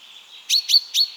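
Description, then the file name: Common chaffinch calls: three sharp, bright metallic notes in quick succession, each a short clipped chink, over a faint steady high hiss. "Fringilla coelebs"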